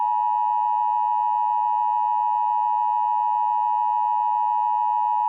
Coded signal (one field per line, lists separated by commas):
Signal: Emergency Alert System (SAME) tones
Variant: 853 and 960 Hz attention tone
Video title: SOFLV EAS teaser